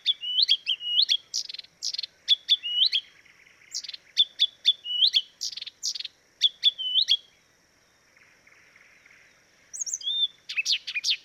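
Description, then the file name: Blyth's reed warbler singing a fast run of clicks and looping whistled notes, repeated phrase after phrase, then a short pause before a final high whistled flourish. "life dviete. acrocephalus dumetorum"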